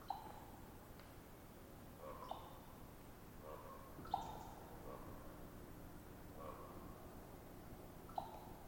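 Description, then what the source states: Common raven uttering crisp clicks and short hollow tonal notes in an irregular, conversational series, with a low hum beneath. Ravens exchanging popping calls in a conversation-like series.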